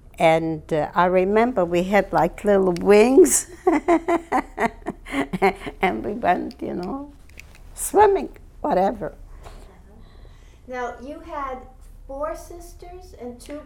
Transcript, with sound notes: And I remember we had, like, little wings. ( she laughs ) And we went, you know, swimming, whatever.
Now, you had four sisters and two brothers?